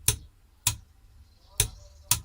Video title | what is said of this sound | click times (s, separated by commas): Autoprop H6 full in field service. | you can hear the torque wrench clicking | 0.1 s, 0.7 s, 1.6 s, 2.1 s